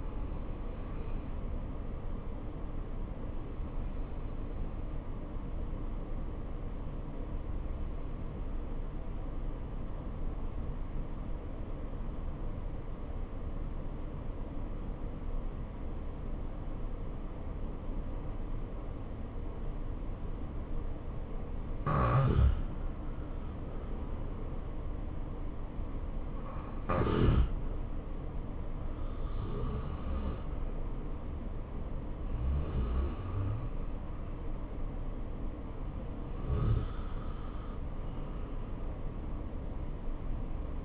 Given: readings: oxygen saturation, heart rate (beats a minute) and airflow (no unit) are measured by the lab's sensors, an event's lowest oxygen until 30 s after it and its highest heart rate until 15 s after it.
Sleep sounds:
breathing in sleep by a smartphone at the bedside; 1
3.00-22.50 s: hypopnea (N2, oxygen 92% highest, then 88% lowest, heart rate 68 at the start, 68 highest)
From the record:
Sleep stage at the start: N2 (light sleep); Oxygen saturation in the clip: 89 to 93%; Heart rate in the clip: 57 to 68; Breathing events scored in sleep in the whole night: 277 in 7.4 hours asleep

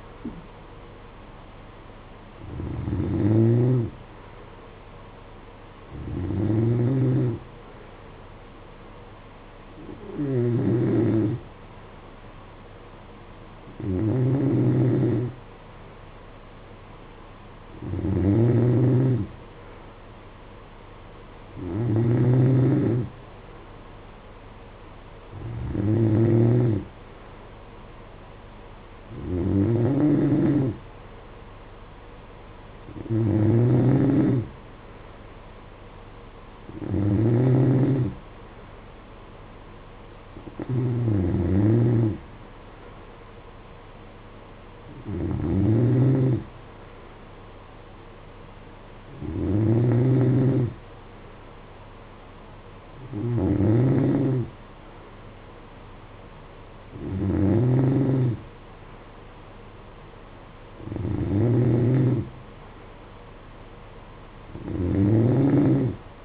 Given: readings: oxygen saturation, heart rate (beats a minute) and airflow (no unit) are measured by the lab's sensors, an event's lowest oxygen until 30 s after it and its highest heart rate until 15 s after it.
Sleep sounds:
breathing in sleep by a voice recorder at the bedside; none
none scored
From the record:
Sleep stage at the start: N2 (light sleep); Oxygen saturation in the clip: 92 to 93%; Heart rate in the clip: 53 to 60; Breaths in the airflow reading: 17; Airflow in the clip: -9.4 to 6.1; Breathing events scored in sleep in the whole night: 476 in 9.7 hours asleep

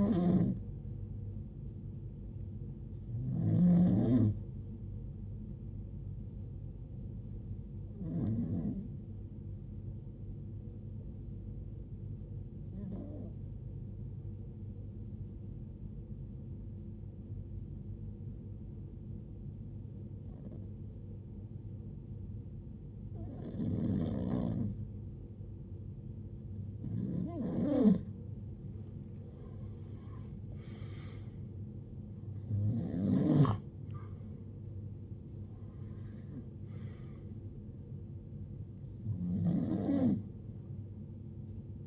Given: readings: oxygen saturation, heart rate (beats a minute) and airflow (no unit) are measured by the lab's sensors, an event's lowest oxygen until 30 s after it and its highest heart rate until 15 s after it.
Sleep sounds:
breathing in sleep by a smartphone at the bedside; 1
10.00-30.90 s: hypopnea (REM, oxygen 93% highest, then 85% lowest, heart rate 53 at the start, 79 highest)
From the record:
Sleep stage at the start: REM sleep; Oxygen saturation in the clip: 85 to 94%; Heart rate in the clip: 53 to 79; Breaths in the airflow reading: 12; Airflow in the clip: -16.7 to 14.4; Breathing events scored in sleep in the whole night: 389 in 6.3 hours asleep

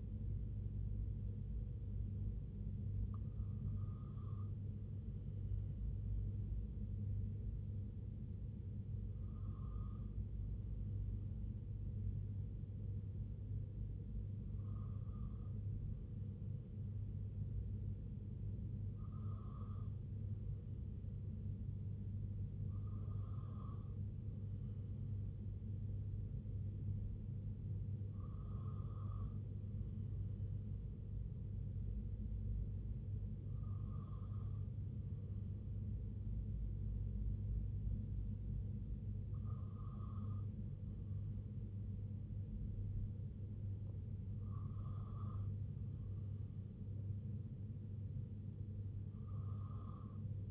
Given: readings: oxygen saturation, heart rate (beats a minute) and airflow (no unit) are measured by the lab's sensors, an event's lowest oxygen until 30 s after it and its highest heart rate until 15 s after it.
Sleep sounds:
breathing in sleep by a smartphone at the bedside; none
6.00-50.51 s: new sleep stage, N3 (deep sleep)
From the record:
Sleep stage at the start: N2 (light sleep); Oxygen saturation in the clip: 94 to 95%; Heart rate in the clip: 66 to 76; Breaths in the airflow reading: 10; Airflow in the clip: -3.0 to 1.5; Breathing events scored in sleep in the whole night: 258 in 7.4 hours asleep

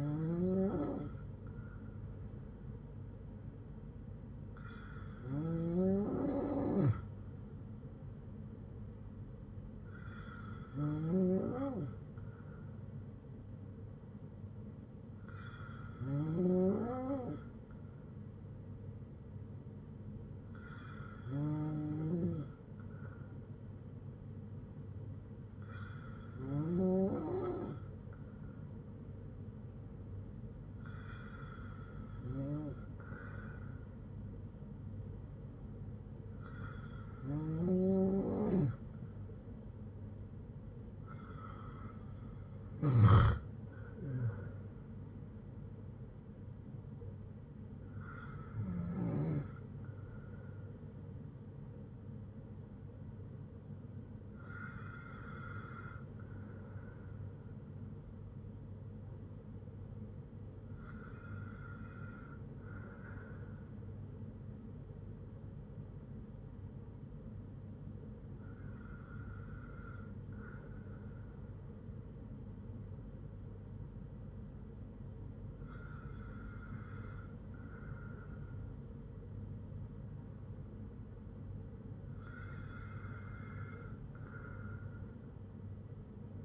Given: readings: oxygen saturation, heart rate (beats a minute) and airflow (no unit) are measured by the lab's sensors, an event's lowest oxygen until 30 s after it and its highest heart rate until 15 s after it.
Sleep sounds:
breathing in sleep by a smartphone at the bedside; none
none scored
From the record:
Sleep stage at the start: N2 (light sleep); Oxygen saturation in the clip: 93 to 96%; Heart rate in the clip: 54 to 69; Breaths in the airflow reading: 15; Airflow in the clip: -5.8 to 8.9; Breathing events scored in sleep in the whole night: 182 in 7.4 hours asleep

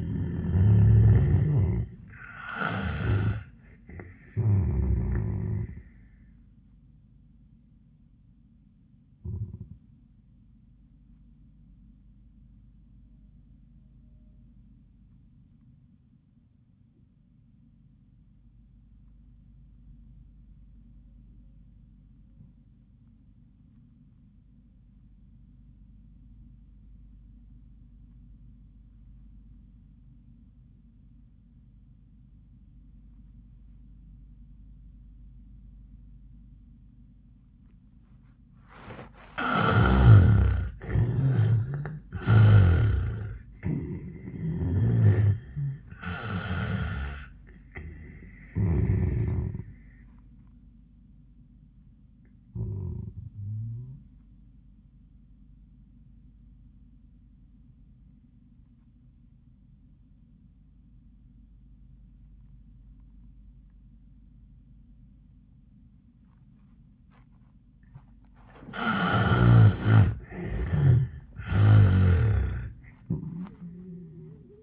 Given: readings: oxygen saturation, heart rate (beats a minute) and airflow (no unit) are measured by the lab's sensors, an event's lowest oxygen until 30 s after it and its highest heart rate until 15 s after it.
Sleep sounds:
breathing in sleep by a smartphone at the bedside; 2
11.00-40.50 s: obstructive apnea (N1, oxygen 93% highest, then 68% lowest, heart rate 89 at the start, 91 highest)
56.00-70.10 s: obstructive apnea (N1, oxygen 92% highest, then 79% lowest, heart rate 84 at the start, 99 highest)
From the record:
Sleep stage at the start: N1 (lightest sleep); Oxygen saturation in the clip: 67 to 93%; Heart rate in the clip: 70 to 99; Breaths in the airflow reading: 7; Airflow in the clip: -24.6 to 11.0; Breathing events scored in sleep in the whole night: 400 in 8.7 hours asleep

